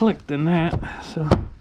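Someone talks while handling the housing of a 2011 Subaru Legacy car door lock actuator, clipping the part back together during reassembly. The housing has not clipped home yet, and nothing has seated or clicked in this clip.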